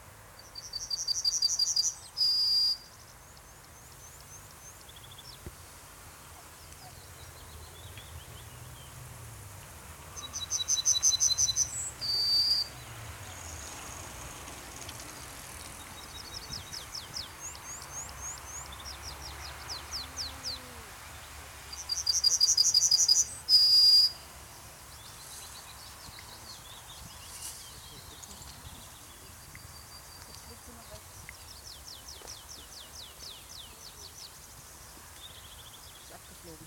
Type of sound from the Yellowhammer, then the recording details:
song. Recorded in the wild. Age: adult. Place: Köppchensee, Berlin, DE. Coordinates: 52.6167, 13.3667. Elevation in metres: 40. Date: 2003-06-22 12:43. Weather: heiter - bedeckt, 17 - 18°C. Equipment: Fair Mate ST-1328 (Asahi Electronics, Japan), Sennheiser ME 80, Kopie Uher 4000 Report Monitor. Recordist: Tembrock, Günter